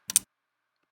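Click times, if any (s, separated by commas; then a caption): 0.1 s, 0.2 s. A small plastic laptop key cap is centred over its hinge clip and pushed down onto the keyboard. Two quick, sharp clicks are heard at 0.1 and 0.2 seconds, followed by silence. The key cap snaps and seats into place.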